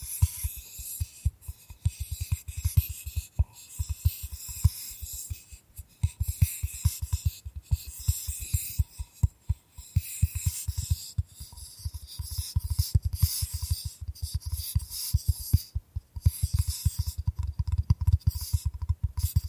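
Bamboo is scratched and brushed in dense, rapid rasping strokes with frequent light taps, a bright hissy texture running steadily for twenty seconds.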